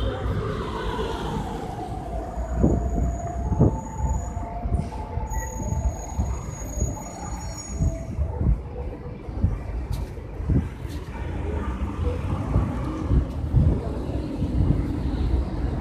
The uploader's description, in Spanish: Ciudad